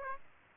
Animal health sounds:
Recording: mosquito wingbeat signal from an infrared sensor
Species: Aedes aegypti

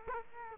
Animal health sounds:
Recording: mosquito wingbeat signal from an infrared sensor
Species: Culex quinquefasciatus

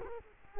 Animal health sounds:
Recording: mosquito wingbeat signal from an infrared sensor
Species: Culex quinquefasciatus

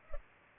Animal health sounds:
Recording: mosquito wingbeat signal from an infrared sensor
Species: Culex pipiens

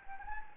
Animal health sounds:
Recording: mosquito wingbeat signal from an infrared sensor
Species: Anopheles gambiae

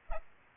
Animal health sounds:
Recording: mosquito wingbeat signal from an infrared sensor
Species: Aedes aegypti

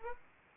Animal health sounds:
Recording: mosquito wingbeat signal from an infrared sensor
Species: Aedes aegypti

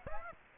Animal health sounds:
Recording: mosquito wingbeat signal from an infrared sensor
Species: Aedes aegypti

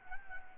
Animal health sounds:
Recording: mosquito wingbeat signal from an infrared sensor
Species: Anopheles arabiensis

